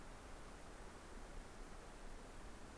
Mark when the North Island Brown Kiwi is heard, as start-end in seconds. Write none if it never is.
none